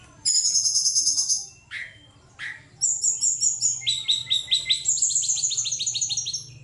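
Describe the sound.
Bird song opening with a fast high trill, a couple of lower notes, then a long run of rapid repeated chirps and trilled whistles.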